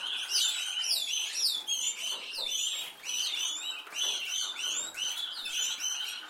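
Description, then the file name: Canary song: a fast stream of high chirps and upswept notes in quick bursts, pausing briefly around the third second before resuming. "Canary Voice"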